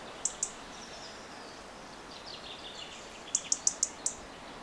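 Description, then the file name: European robin calls: a pair of sharp high ticks, a pause, then a rapid series of five more, over a steady background hiss. "Erithacus rubecula"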